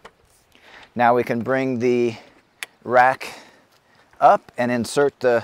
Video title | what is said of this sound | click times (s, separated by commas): Thule Epos Hitch Bike Rack Overview | down and around until it engages and snaps into place. | 0.1 s